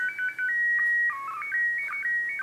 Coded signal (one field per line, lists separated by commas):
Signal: SSTV (slow-scan television)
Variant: PD 120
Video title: How to receive SSTV images from the ISS